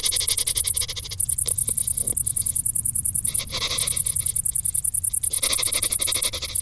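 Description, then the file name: Crickets calling with rapid, high-pitched pulsed chirps. "Grillen"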